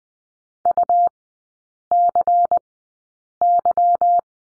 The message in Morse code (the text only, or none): UCY